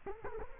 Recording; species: mosquito wingbeat signal from an infrared sensor; Culex quinquefasciatus